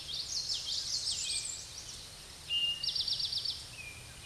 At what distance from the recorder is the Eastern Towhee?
about 25 m